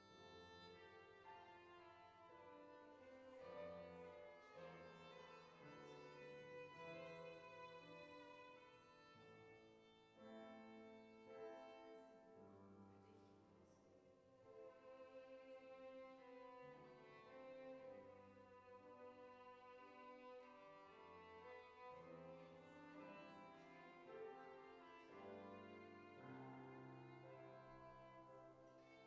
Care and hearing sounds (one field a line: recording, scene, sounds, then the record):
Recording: everyday scene through a hearing-aid microphone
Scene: reverberant space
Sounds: music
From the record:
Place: church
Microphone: behind the ear, right, front